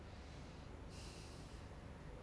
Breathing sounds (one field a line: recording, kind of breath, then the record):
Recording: one breath in and out by a microphone near the nose and mouth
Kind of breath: normal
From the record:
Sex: male